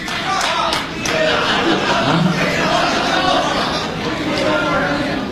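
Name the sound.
audience applause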